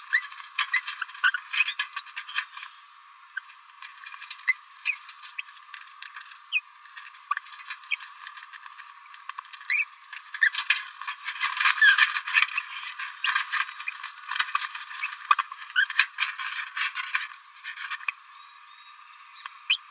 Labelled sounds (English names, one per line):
Green-rumped Parrotlet babbling